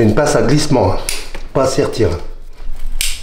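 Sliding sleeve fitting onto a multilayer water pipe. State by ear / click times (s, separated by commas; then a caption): seated / 3.0 s. Someone talks while a sliding-sleeve (not crimp) plumbing fitting is assembled onto a multilayer water pipe with a pliers-type tool. A sharp ratchet-like click is heard at 3.0 s as the fitting seats home.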